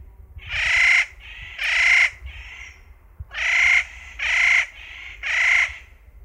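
Spotted nutcracker calling with several loud, raspy, grating notes, each lasting about half a second, with short gaps between.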